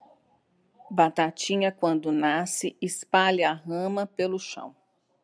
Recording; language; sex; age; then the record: short text; Brazilian Portuguese; female; 50 to 59 years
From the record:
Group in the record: control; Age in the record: 52 years